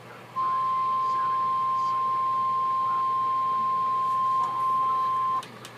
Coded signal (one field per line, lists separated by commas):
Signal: Emergency Alert System (SAME) tones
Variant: 1050 Hz attention tone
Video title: EAS#110 Severe Thunderstorm Warning